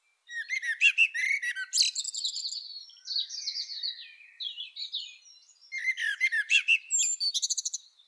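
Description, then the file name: Common blackbird song: warbled notes with high scratchy twitters, a softer stretch, then another rapid twittering run. "Turdus merula"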